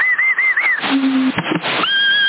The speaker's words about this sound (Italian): Oh, chi è che ha fischiato? Avanti.